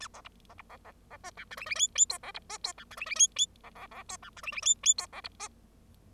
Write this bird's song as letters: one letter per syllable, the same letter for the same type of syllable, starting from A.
A B C B C B B B D E F G G H H I B C D I E F G G H H B B B I E F G G H H I B C D